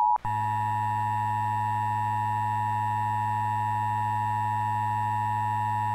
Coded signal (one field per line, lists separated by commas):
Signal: Emergency Alert System (SAME) tones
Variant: 853 and 960 Hz attention tone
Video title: [EAS Mock: S2 | #14] Alabama Required Monthly Test (03/18/10)